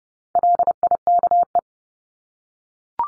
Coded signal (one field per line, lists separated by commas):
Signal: Morse code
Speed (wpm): 30 wpm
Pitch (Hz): 700 Hz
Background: none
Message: LIKE